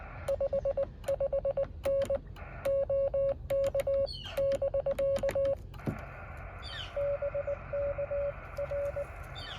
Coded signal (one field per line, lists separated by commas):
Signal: Morse code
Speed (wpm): 18 wpm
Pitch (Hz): 570 Hz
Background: none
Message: 55N OK <BK> BK R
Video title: Morse Code POTA with Yaesu 817 10/22/2024